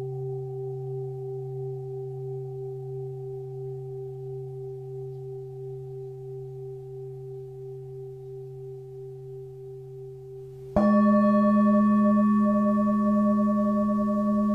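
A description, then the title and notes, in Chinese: A singing bowl rings with a steady, pure hum, its low tone and a few higher overtones holding evenly while slowly fading for about ten seconds. Near the eleventh second a fresh strike sounds, louder and brighter, with a new set of pitches that ring on. 大肠结肠频率176Hz丨颂钵。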